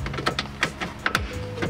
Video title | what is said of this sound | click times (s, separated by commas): How To Install Subaru WRX LED Interior - 4th Gen - 2011 - 2016 - PrecisionLED | You push it in until they click into place on both sides. | 1.1 s